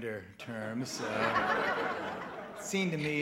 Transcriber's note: soundbite of laughter